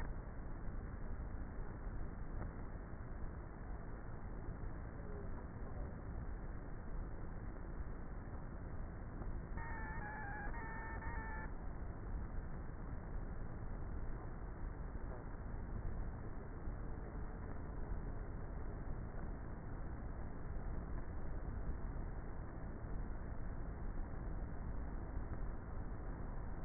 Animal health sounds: honeybee colony, microphone inside the hive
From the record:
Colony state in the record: queenless with a low population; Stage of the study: before two queens were removed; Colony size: about 30,000 bees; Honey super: no

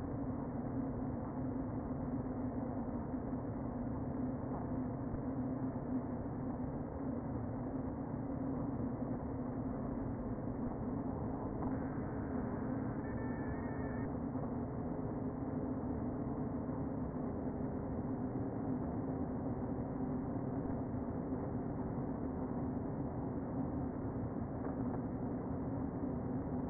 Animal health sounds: honeybee colony, microphone inside the hive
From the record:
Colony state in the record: queen present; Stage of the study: before two queens were removed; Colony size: about 60,000 bees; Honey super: yes

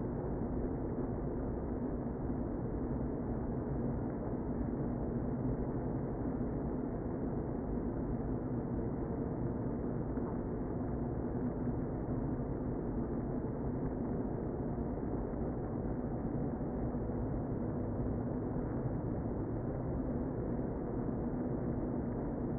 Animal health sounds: honeybee colony, microphone inside the hive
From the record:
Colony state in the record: queen present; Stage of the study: before two queens were removed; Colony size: about 60,000 bees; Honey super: yes

